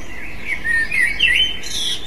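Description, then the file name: Eurasian blackbird giving a brief mellow warbled phrase that slides up and down, closing with a high squeaky flourish. "merle"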